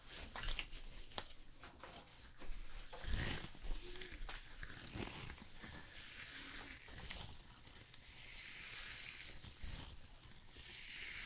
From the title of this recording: Hair Salon Haircut, Perm, Shampoo WLayered Sounds